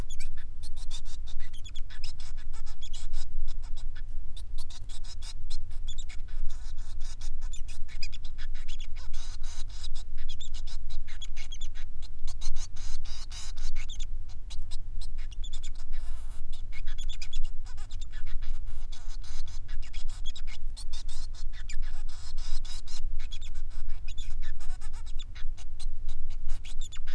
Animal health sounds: song of a male Bengalese finch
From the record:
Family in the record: son of father 3

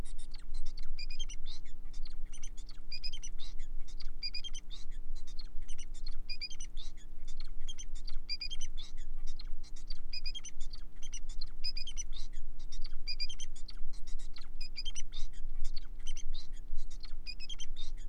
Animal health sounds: song of a male Bengalese finch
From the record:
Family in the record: son of father 4

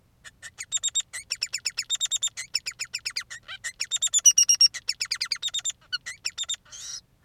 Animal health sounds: song of a male Bengalese finch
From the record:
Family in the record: son of father 3

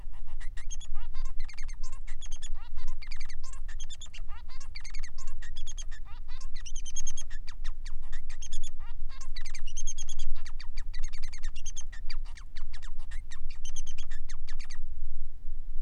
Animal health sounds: song of a male Bengalese finch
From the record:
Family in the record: son of father 3

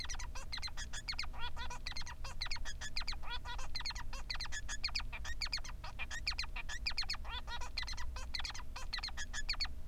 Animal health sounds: song of a male Bengalese finch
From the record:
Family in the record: son of father 3

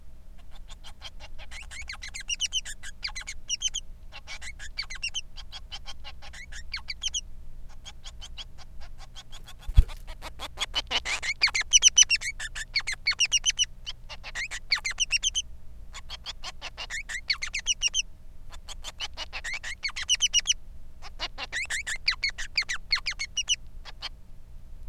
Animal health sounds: song of a male Bengalese finch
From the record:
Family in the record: son of father 3

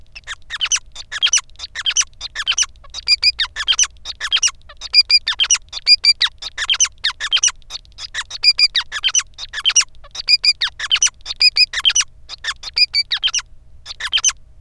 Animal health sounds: song of a male Bengalese finch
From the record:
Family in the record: son of father 5

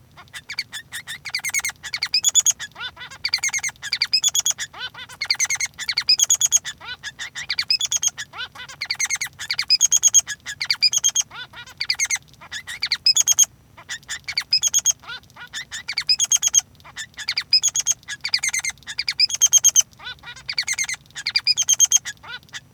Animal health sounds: song of a male Bengalese finch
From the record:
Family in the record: son of father 3

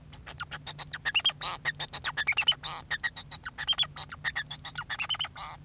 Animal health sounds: song of a male Bengalese finch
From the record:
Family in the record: son of father 2

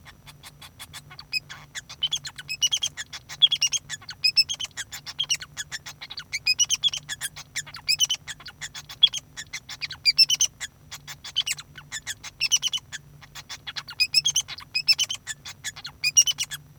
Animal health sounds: song of a male Bengalese finch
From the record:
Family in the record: son of father 2

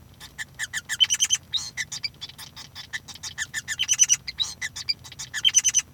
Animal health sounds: song of a male Bengalese finch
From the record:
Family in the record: son of father 5

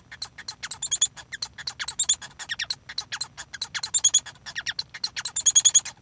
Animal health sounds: song of a male Bengalese finch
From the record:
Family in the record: son of father 1

